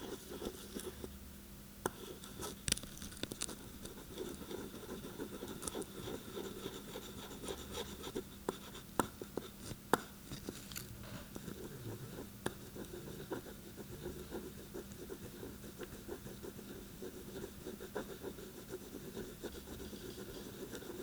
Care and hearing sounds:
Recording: daily activity, guitar pickup as the sensor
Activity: write

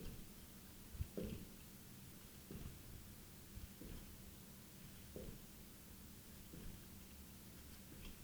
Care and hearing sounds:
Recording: daily activity, guitar pickup as the sensor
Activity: jump

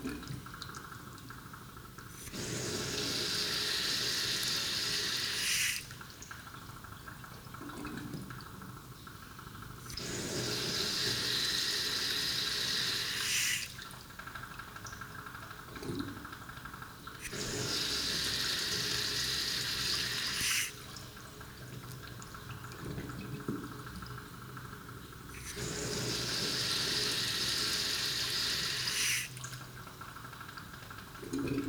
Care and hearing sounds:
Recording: daily activity, guitar pickup as the sensor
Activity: flush

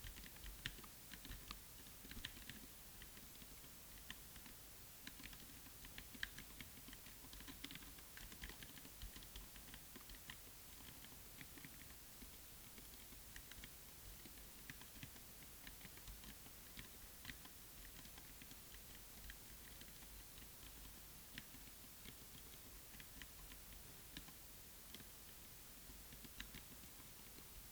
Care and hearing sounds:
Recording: daily activity, guitar pickup as the sensor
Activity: type

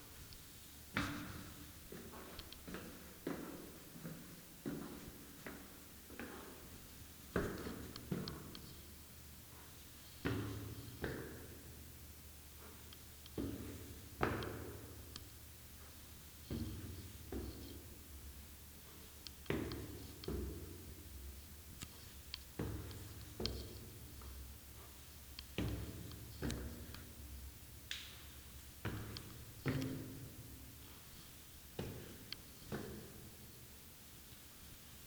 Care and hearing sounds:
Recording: daily activity, guitar pickup as the sensor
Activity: go upstairs

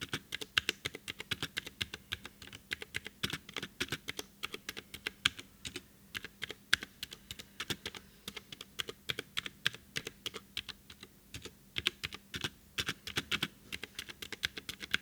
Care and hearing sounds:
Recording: daily activity, guitar pickup as the sensor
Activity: type

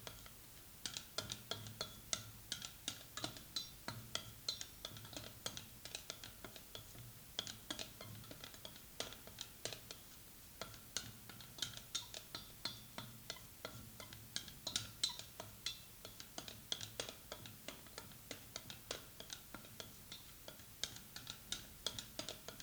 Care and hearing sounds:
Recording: daily activity, guitar pickup as the sensor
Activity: fry

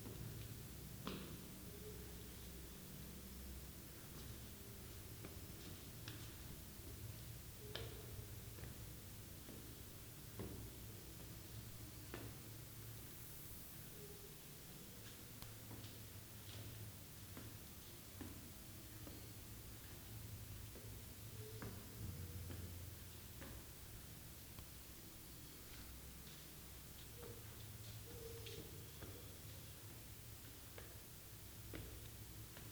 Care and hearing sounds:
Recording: daily activity, guitar pickup as the sensor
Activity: go upstairs

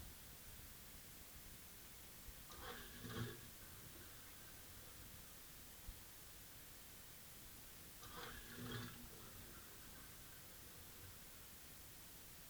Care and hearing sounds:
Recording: daily activity, guitar pickup as the sensor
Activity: flush

